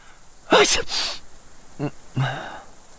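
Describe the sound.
As a cold draft blows in through a window, a single sharp sneeze bursts out with a loud, breathy rush of air, followed by two brief, softer voiced sounds like a sniff and a low murmur.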